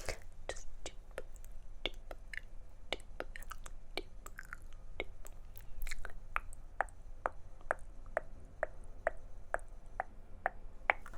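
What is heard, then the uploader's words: Dry plucking and tapping sounds, sharp little clicks that come unevenly through the first half. From about six seconds on they settle into a steady, evenly spaced rhythm, with a faint low hum underneath. ASMR 10 Personal Attention Triggers. Face Brushing, Plucking, Ear Cleaning, Lotion.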